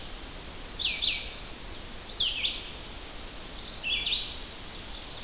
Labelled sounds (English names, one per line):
Red-eyed Vireo song